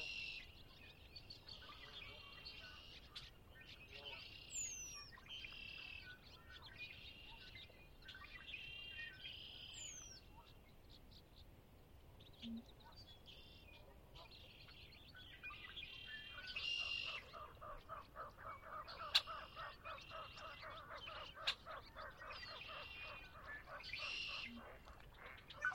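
Birdsong at dawn by Conner's Lake, with many bright chirps and trills overlapping throughout. Quick high whistles and downward sweeps repeat every few seconds, and after about fifteen seconds a rapid, lower rattling trill joins in over a soft steady rumble.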